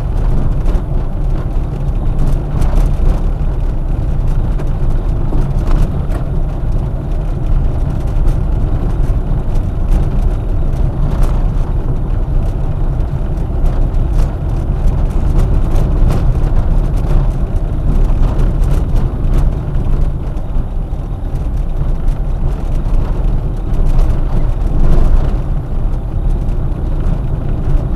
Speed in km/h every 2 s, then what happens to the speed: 22, 25, 26, 26, 25, 25, 27, 26, 23, 18, 20, 23, 26, 25.
0-14 steady at about 25. 14-19 slows to 18. 19-28 speeds up to 25.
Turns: none.